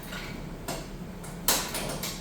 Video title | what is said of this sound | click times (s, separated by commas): Detent / SID | there's two ways that the tube lets you know it's properly detented. you'll hear a click | 1.5 s